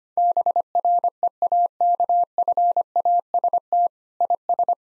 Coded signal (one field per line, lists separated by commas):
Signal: Morse code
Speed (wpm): 25 wpm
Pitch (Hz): 700 Hz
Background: none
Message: BREAKFAST IS